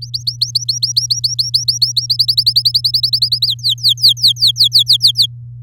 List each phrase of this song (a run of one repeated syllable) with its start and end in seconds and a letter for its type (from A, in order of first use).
0.01-2.06 A, 2.10-3.47 B, 3.47-5.26 C